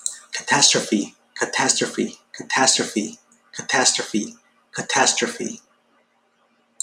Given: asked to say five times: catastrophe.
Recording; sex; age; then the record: repeated word; male; 20 to 29 years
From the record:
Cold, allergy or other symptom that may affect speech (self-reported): no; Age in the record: 26 years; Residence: Florida, United States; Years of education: 16